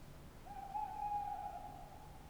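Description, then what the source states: Tawny owl hoot: a long, even tone, swelling in the middle, over quiet hiss. Tawny owl at night on wooded banks of the Dordogne near Limeuil, France, under a starry sky; end of Cadouin festival; recorded with Sonosax SX-R4+ and DPA 4022 microphones.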